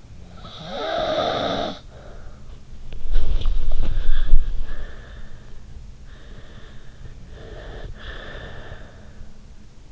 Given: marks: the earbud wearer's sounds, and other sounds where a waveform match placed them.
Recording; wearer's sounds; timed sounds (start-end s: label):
sounds in sleep by an in-ear microphone; snoring breath, body movement, breath
0.00-2.77 s: snoring breath
2.77-5.49 s: body movement
5.69-9.74 s: breath